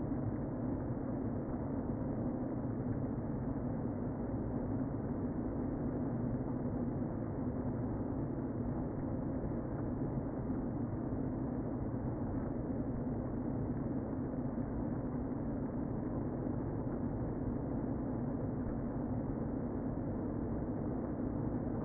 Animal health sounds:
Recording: honeybee colony, microphone inside the hive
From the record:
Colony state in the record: queen present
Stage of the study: before two queens were removed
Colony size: about 60,000 bees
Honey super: yes

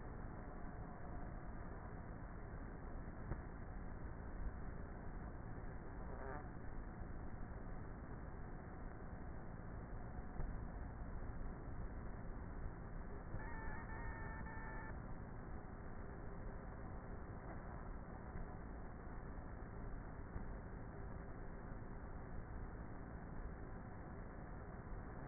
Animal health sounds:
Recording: honeybee colony, microphone inside the hive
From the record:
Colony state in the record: queenless with a low population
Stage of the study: before two queens were removed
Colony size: about 30,000 bees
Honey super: no

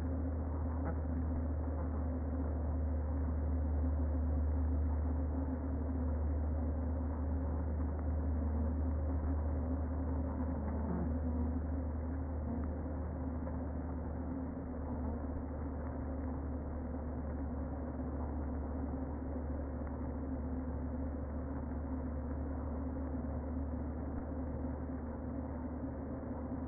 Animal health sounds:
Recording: honeybee colony, microphone inside the hive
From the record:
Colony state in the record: queen present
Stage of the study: before two queens were removed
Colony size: about 60,000 bees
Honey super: yes

